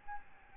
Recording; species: mosquito wingbeat signal from an infrared sensor; Aedes albopictus